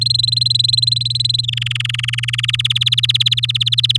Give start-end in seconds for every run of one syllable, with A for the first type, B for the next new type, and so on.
0.01-1.46 A, 1.48-2.51 B, 2.53-3.97 C